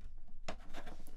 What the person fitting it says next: you can hear there The Click into place